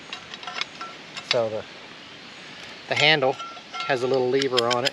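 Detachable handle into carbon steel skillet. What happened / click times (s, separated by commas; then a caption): Handled, not yet home: detachable skillet handle not yet locked in / none. A removable handle with a little lever is being handled beside a small carbon steel camp skillet, with a few short, sharp metallic clinks near the start at about 0.1, 0.3 and 0.6 seconds while someone talks. The handle has not yet popped into the skillet's hole or locked in place, and nothing has seated or clicked home yet.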